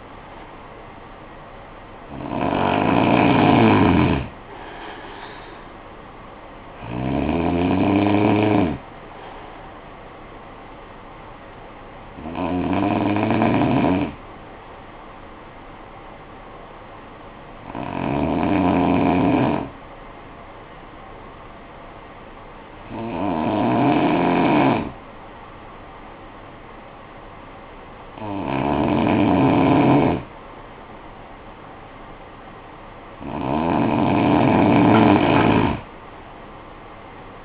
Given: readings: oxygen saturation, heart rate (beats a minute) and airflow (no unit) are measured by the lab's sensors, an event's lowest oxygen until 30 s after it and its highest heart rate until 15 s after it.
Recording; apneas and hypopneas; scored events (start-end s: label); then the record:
breathing in sleep by a voice recorder at the bedside; 1
18.00-31.70 s: hypopnea (N2, oxygen 94% highest, then 91% lowest, heart rate 54 at the start, 68 highest)
From the record:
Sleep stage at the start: N2 (light sleep); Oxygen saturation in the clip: 91 to 94%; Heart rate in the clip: 50 to 59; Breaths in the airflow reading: 7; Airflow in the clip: -11.9 to 10.6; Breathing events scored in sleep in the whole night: 445 in 7.6 hours asleep